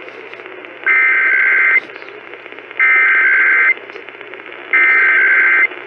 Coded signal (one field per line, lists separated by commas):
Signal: Emergency Alert System (SAME) tones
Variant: header bursts